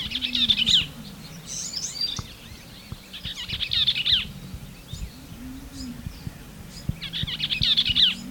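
Bell's vireo song of hurried, slurred warbling phrases, three loud ones a few seconds apart, with a low droning hum and faint ticks behind.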